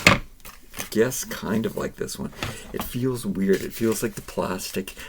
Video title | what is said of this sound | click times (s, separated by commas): MOTU Monday Masters of the Universe Origins Night Stalker vs Stridor Unboxing Review Comparison | it kind of does SNAP into place once you get in there light Castle gray skull and | 0.1 s